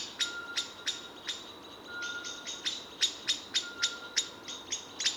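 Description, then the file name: Common blackbird giving sharp clicking chink calls, repeated about three to four times a second in uneven bursts, over a faint steady high whine and hiss. "Turdus merula"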